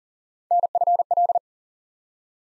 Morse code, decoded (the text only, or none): NFL